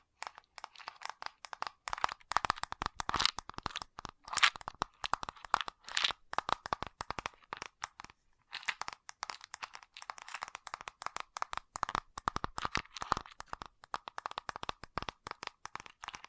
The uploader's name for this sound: ASMR Fast Tapping